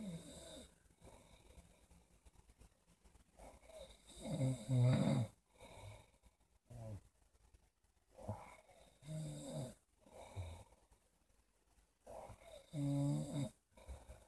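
Snoring from an adult sleeper: low-pitched, rumbling breathing noises in irregular bursts, with quiet gaps between them.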